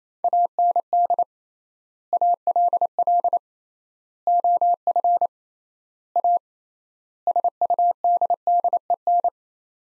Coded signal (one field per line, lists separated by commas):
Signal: Morse code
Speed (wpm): 27 wpm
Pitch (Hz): 700 Hz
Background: none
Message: AND ALL OF A SUDDEN